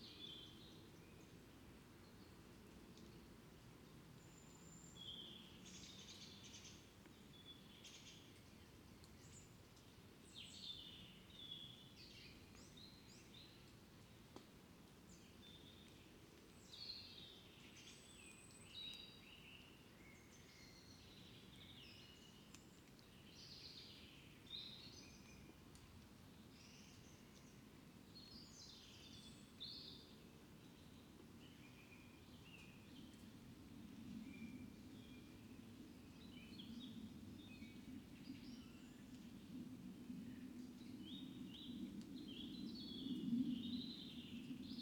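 An evening in front of a fox den, with birds chirping and twittering almost without pause in short, bright bursts. Beneath them a steady low rumble runs the whole way through, swelling noticeably from around 33 seconds until the end.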